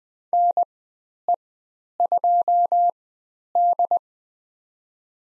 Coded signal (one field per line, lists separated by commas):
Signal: Morse code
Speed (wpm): 20 wpm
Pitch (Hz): 700 Hz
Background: none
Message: NE2D